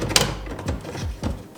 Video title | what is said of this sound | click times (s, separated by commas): Welp... The Tacoma's Broken Again | This just pops in like that. | 0.2 s